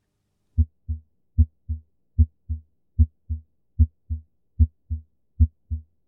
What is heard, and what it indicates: A good example of normal heart sounds. These normal heart sounds are due to valve closure. The first one representing closure of the atrioventricular valves, in other words, mitral and tricuspid, and the second heart sound due to closure of the outflow valves, aortic and pulmonary.